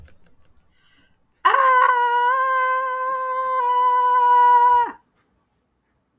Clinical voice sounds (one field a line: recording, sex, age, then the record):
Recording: vowel held as long as possible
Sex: male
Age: 30 to 39 years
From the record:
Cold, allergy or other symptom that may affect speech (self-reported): no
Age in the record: 31 years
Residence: Virginia, United States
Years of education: 12